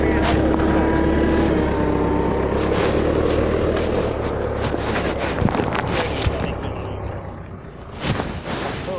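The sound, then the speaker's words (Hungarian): A motorboat engine runs steadily for the whole stretch, a deep continuous drone with rumbling low tones, overlaid by rushing wind buffeting the microphone and a few brief bumps. “Motor.”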